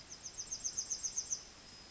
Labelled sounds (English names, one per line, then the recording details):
Yellowhammer song
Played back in forest
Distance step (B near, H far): E
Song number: 013